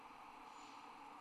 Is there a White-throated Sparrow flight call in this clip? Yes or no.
no